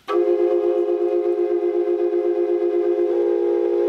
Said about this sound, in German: Das ist eine Quadrupelflöte. Eine Quadrupelflöte aus der Maya-Zeit.